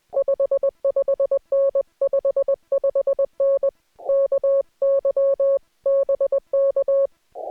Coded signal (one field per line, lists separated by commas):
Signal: Morse code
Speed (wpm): 20 wpm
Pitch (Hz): 550 Hz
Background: music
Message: 55N 55N KY BK